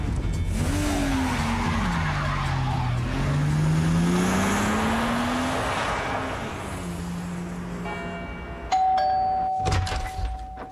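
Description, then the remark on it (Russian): A car engine roars as it pulls away, tires screeching in a long, wavering squeal that rises and falls, followed by a sustained tonal whine and a sharp bell-like chime near the end. “Споткнувшись, девушка упала в открытую дверь автомобиля Минары. Закройте дверь. Езжайте. Давайте, трогайтесь.”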